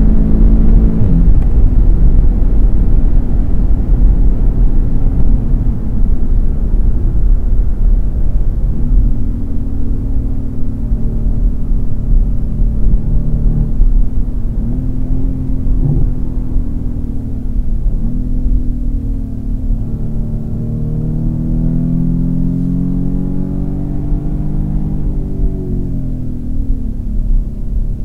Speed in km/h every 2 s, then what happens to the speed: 167, 161, 145, 134, 117, 111, 111, 97, 70, 60, 69, 78, 72, 54.
0-17 brakes to 60. 17-23 speeds up to 78. 23-28 brakes to 54.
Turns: none.